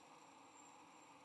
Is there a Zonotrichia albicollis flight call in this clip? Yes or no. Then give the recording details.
no. No flight call is heard. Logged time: 09:09 on 22 November 2014